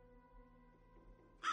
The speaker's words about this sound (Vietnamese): Lời khấn vừa dứt, từ đằng xa một đàn quạ bất chợt bay vụt lên từ rặng tre, kêu lên những tiếng lạnh lùng thê thảm.